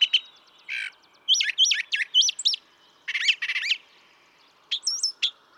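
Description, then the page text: Brown thrasher song with paired phrases: rich slurred whistles and a clipped chattering burst, separated by short pauses, with a high thin note at the end. Same male in a long song sequence, part of three and a quarter hours recorded from him; his repertoire estimated at about 1300 songs. "Birdsong for the Curious Naturalist. Brown thrasher"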